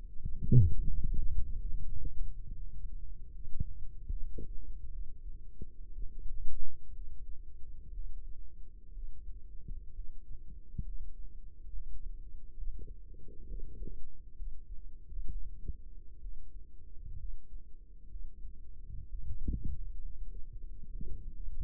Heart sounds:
heart sounds by microphone in the right ear; 67 bpm
0.19 s: heartbeat
1.06 s: heartbeat
1.86 s: heartbeat
2.58 s: heartbeat
3.31 s: heartbeat
4.07 s: heartbeat
4.91 s: heartbeat
5.92 s: heartbeat
6.93 s: heartbeat
7.93 s: heartbeat
8.92 s: heartbeat
9.93 s: heartbeat
10.84 s: heartbeat
11.70 s: heartbeat
12.55 s: heartbeat
13.46 s: heartbeat
14.35 s: heartbeat
15.29 s: heartbeat
16.20 s: heartbeat
17.17 s: heartbeat
18.08 s: heartbeat
19.07 s: heartbeat
20.00 s: heartbeat
20.90 s: heartbeat
From the record:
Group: healthy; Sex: male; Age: 35 years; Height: 178 cm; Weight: 64 kg

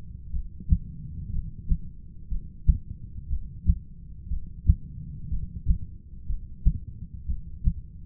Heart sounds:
heart sounds by stethoscope; 60 bpm
0.31 s: heartbeat
1.31 s: heartbeat
2.29 s: heartbeat
3.28 s: heartbeat
4.28 s: heartbeat
5.29 s: heartbeat
6.27 s: heartbeat
7.26 s: heartbeat
From the record:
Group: heart failure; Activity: rest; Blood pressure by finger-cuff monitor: 116/80 mmHg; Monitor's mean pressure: 94 mmHg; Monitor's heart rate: 61 bpm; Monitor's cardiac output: 6.4 L/min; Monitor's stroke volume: 106 mL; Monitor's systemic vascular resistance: 1070 dyn s/cm5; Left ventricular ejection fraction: 25%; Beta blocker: metoprolol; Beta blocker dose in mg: 62.5 twice daily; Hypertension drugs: ramipril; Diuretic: furosemide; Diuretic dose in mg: 40 twice daily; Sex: male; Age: 57 years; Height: 180 cm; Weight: 90.5 kg

